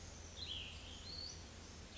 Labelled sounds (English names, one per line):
Cassin's Vireo